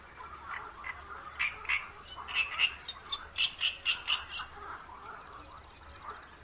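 Bird calls: a run of short, rasping notes in quick series, rising then fading, against a noisy background with a low hum.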